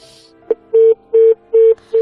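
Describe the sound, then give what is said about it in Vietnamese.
A phone line beeping after a call to a radio listener drops on a poor signal: a short click, then four steady, low-pitched tones, evenly spaced and fairly loud, with no voices. “Quý vị biết không ạ, mỗi lần mà Thảo Nguyên kết nối với vị thính giả nào mà nghe tút tút tút tút là, trời ơi, cái cảm giác này mình không có diễn tả nên lời.”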